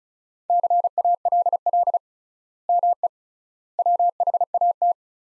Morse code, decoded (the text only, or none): CALL ME WHAT